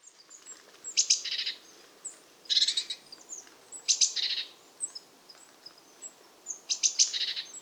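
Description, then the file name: Eurasian blue tit churring: four loud, buzzy, rasping bursts at irregular intervals, with thin high whistles between. "Cyanistes caeruleus"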